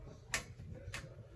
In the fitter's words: you see this pop up and click watch